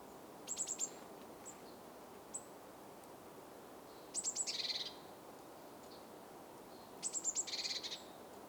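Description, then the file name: Eurasian blue tit with a brief burst of high notes, then two full calls of thin high notes dropping into a buzzy churr, with scattered faint high chips between. "Cyanistes caeruleus"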